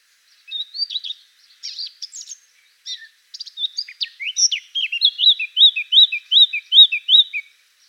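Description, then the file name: Eurasian blackcap singing: a scratchy, jumbled warble of high notes that ends in a clear run of several repeated rising-falling whistled phrases in quick succession. "Sylvia atricapilla"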